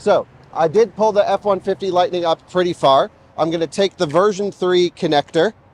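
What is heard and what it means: A man talks while preparing to fit a NACS-to-CCS fast charging adapter onto a Supercharger V3 connector for a Ford F-150 Lightning that has been pulled up close. Only speech is heard, with steady low background noise. The adapter has not latched or clicked yet.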